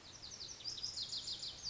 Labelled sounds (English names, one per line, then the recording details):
Lazuli Bunting
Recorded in Sonoma County, California